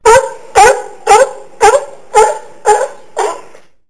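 Sea lion barking: seven loud, hoarse barks at a steady pace of about two per second, the last one slightly softer and rougher.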